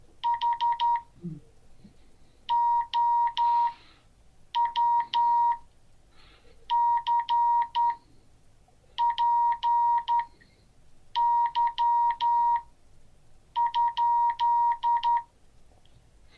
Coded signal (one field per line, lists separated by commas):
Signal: Morse code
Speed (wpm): 11 wpm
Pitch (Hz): 940 Hz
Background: none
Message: HOW CPY?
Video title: Morse code class 2023-02-06